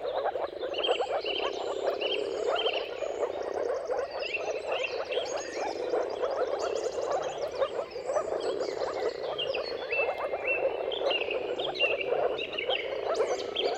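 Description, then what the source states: Moor frog mating chorus, many overlapping soft bubbling calls, with chirping and whistling birds. Chorus of many moor frogs giving mating calls at sunrise, turn of March and April, timing depending on weather.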